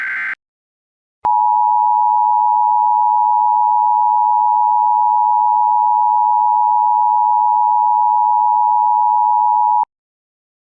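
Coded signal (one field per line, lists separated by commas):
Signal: Emergency Alert System (SAME) tones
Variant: 853 and 960 Hz attention tone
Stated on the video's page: Fictional Emergency Alert System scenario about an earthquake disaster in the Rocky Mountains and the western states; simulated alert.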